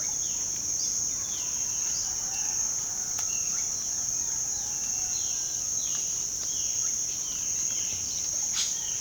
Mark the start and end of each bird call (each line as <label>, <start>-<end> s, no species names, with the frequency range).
bird call (1.1-6.4 kHz), 0.10-8.06 s
bird call (0.7-10.9 kHz), 8.37-9.01 s